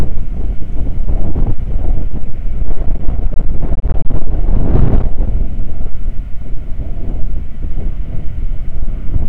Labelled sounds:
wind
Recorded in the Prudhoe Bay oil fields, Alaska, on 9 August 2019 at 00:04
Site 29

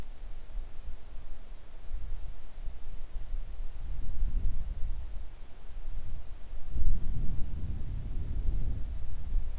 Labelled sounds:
wind
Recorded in the Arctic National Wildlife Refuge, Alaska, on 3 August 2019 at 10:24
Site 41

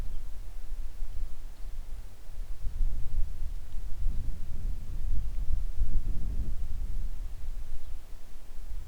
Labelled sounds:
songbird
weather or water
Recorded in the Arctic National Wildlife Refuge, Alaska, on 3 August 2019 at 10:44
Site 41

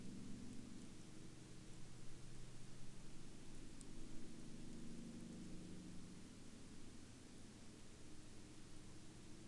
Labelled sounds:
man-made sound
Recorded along the Dempster Highway, Canada, on 16 October 2020 at 02:42
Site 16

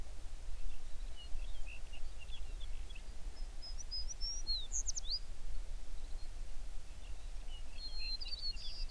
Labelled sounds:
songbird
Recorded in the Prudhoe Bay oil fields, Alaska, on 11 June 2019 at 05:14
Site 21

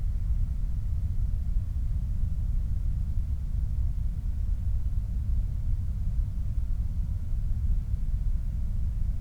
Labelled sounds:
flare stack
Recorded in the Prudhoe Bay oil fields, Alaska, on 29 July 2019 at 03:46
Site 25

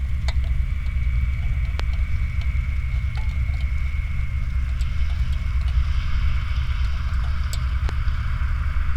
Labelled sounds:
machinery
flare stack
rain
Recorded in the Prudhoe Bay oil fields, Alaska, on 15 July 2019 at 07:21
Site 29

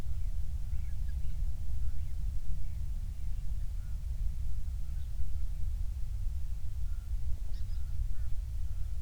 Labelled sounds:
bird
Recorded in the Prudhoe Bay oil fields, Alaska, on 28 July 2019 at 06:27
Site 25

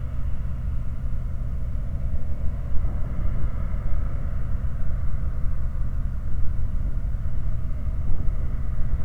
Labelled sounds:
machinery
flare stack
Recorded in the Prudhoe Bay oil fields, Alaska, on 19 August 2019 at 02:30
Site 29

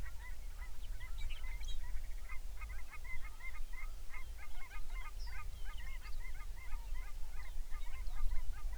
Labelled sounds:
songbird
waterfowl
grouse or ptarmigan
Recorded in the Arctic National Wildlife Refuge, Alaska, on 23 May 2019 at 06:03
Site 49

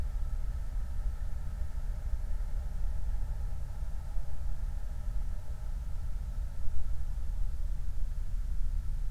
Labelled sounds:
wind
vehicle
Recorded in the Prudhoe Bay oil fields, Alaska, on 29 July 2019
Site 29

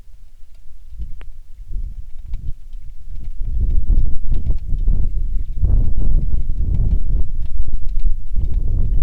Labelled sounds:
wind
rain
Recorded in the Prudhoe Bay oil fields, Alaska, on 27 July 2019 at 18:21
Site 19

